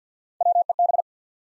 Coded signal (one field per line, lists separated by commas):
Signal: Morse code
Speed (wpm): 50 wpm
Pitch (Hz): 700 Hz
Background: none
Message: W E B